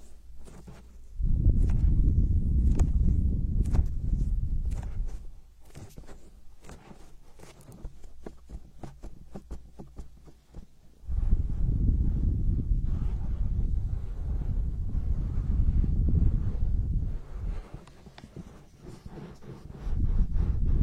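Hand massage, with long stretches of low, dense rubbing and brushing from about 1 to 5 seconds and again from 11 to 18 seconds, resuming near the end. Between them, a quieter passage of quick, irregular taps and small clicks.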